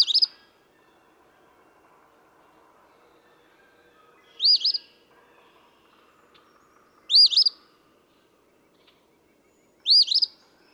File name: Eastern Phoebe